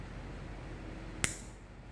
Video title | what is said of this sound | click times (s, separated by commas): How to install VTS on a Sea-Doo Spark - Presented by PWC Muscle | go ahead and plug this in till it clicks | 1.2 s